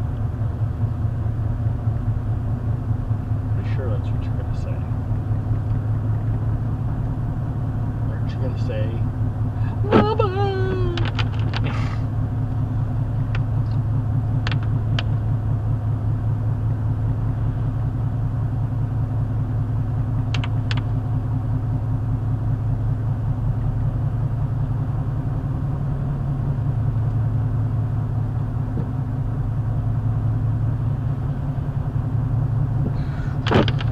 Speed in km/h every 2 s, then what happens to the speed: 40, 44, 45, 45, 44, 44, 45, 45, 45, 45, 44, 47, 47, 45, 45, 45, 47.
0-34 steady at about 45.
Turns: none.